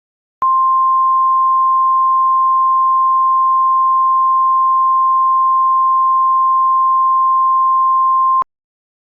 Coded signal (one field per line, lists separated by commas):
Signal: Emergency Alert System (SAME) tones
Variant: 1050 Hz attention tone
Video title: Tornado Warning EAS 7/6/26